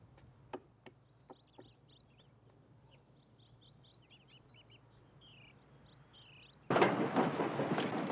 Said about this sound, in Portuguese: O trem de carga acordou o pessoal